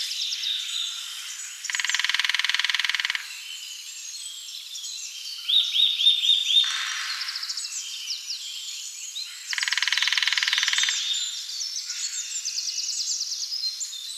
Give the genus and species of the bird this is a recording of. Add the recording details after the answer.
Dendrocopos minor. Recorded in the wild. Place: Waltershofen / Freiburg im Breisgau, Baden-Württemberg, DE. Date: 2008-04-05. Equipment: MiniDisc Sharp MT 20 H. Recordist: Schwarz, Dieter